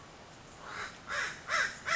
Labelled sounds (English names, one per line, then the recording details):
American Crow
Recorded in Sonoma County, California